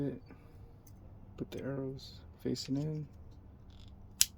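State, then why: Seated. A swappable rechargeable battery pack is pushed into the battery bay of a game controller, arrows facing in, while someone talks. A sharp click at 4.2 s marks the pack latching fully into place.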